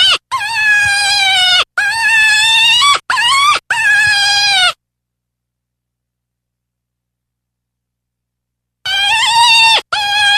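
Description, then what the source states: Deer distress calls: a burst of bleating cries, then about four seconds of silence, then two more cries at the end. Fawn in distress.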